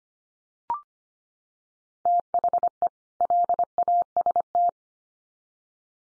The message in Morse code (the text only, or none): THE LAST